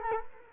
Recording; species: mosquito wingbeat signal from an infrared sensor; Culex quinquefasciatus